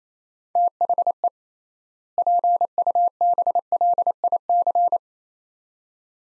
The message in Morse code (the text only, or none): THE PUBLIC